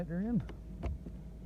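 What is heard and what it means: A wiring harness connector is being handled at the new blower motor under the dash of a 2008 Honda Accord while someone talks. A low hum runs throughout, with brief soft knocks near 0.9 and 1.1 seconds. Nothing has seated or clicked yet.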